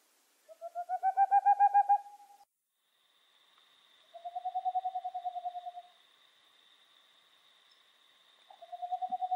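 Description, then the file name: Boreal owl repeating rapid trills of soft hoots, three bursts separated by pauses, with a steady high thin tone running underneath for most. "Rauhfusskauz"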